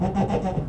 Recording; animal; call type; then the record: contact call of a hoofed animal; goat; low-frequency (closed-mouth) or high-frequency (open-mouth) call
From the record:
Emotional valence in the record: positive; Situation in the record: food anticipation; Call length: 0.70 s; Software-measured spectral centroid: 1360 Hz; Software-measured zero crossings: 820 a second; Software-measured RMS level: -24 dBFS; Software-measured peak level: -11 dBFS